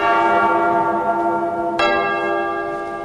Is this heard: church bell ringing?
yes